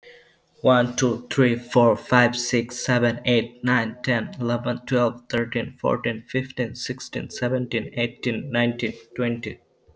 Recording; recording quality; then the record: counting at a fast pace; excellent, no background noise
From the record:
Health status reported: healthy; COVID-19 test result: not tested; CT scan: not taken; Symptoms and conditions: none ticked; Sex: male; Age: 23 years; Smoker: no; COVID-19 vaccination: both doses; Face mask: not worn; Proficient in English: yes